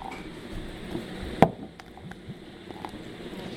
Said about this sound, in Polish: Teraz piwo Atlas. Nalejemy sobie do szklanki.